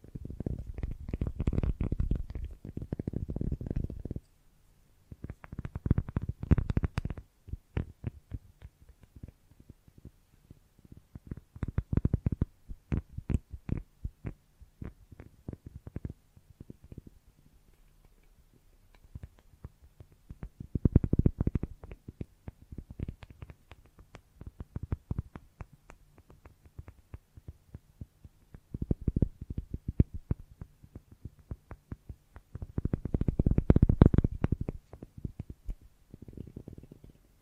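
Foamy, sticky squishing in repeated bursts of a few seconds each, dense with fine crackles and wet popping, heaviest in the low end. Quieter scattered clicks fill the gaps between bursts, and a faint steady low hum runs underneath throughout.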